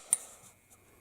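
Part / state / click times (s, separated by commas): pistol magazine into pistol-caliber carbine magwell / seated / 0.1 s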